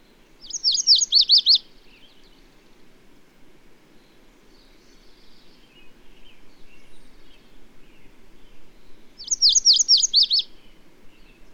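Bird song: a rapid burst of several high, sharp zigzag notes, repeated about nine seconds later, with faint twittering between and a steady low background hum.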